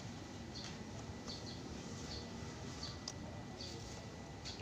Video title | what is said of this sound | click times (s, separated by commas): Memperbaiki VARIO 125 Mati Total - Lampu Speedometer Dan Starter Tidak Bisa Menyala | bunyi klik Hai sudah | 3.1 s